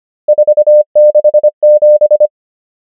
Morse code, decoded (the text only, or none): 4 6 7